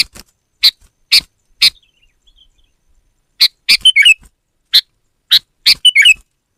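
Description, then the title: Sooty-headed bulbul with sharp single chirps and then gurgling, warbled phrases, in irregular bursts separated by short silences. "kutilang"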